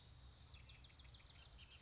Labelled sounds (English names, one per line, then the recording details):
Bullock's Oriole
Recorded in Sonoma County, California